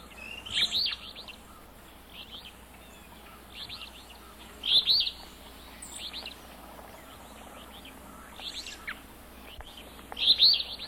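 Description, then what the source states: Alder Flycatcher song: a raspy phrase repeated a few times, with fainter notes between. Song a raspy, three-syllabled 'phoebeo' with emphasis on the middle syllable; small Empidonax flycatcher often found in shrubby marshes.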